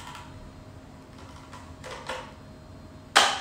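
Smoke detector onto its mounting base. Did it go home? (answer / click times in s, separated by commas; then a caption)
yes / 3.2 s. A plastic smart smoke detector is lined up with the marks and pressed onto its ceiling mounting base, with faint scraping and handling sounds before a sharp, loud click at 3.2 s. The detector is seated on its mounting base.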